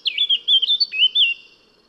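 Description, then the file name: Eurasian blackcap phrase: a brief series of clear, fluting whistled notes that rise and fall smoothly. "Sylvia atricapilla"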